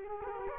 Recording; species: mosquito wingbeat signal from an infrared sensor; Culex quinquefasciatus